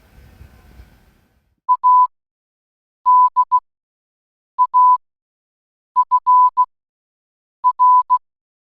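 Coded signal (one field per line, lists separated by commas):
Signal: Morse code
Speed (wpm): 16 wpm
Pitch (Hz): 1000 Hz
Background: none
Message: ADAFR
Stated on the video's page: Morse sent wirelessly between two CLUE boards, keyed with two front buttons for dot and dash; range about 50 feet.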